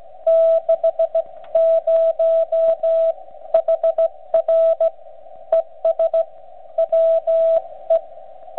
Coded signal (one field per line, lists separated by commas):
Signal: Morse code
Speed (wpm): 17 wpm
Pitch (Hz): 660 Hz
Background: radio noise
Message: 60 HR ES WE